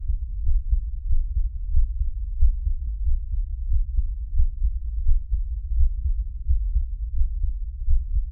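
Deep, muffled thumps of an adult heartbeat repeat about 90 times a minute over a steady low rumble, with nothing heard in the higher range. It is a heartbeat sound effect recorded close up with an SM57 microphone.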